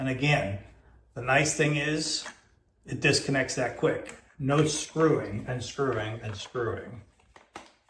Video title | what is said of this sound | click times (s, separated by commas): Why I like the Sherlock paint pole and accessories. | It just clicks on this little lever thing. | 7.6 s